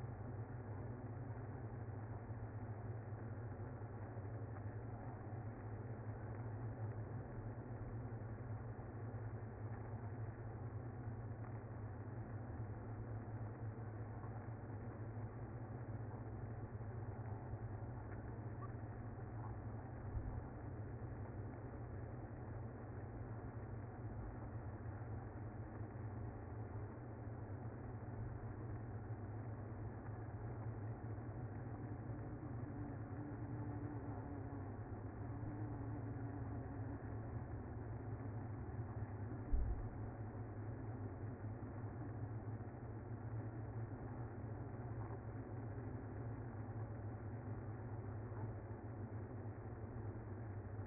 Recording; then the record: honeybee colony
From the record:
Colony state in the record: active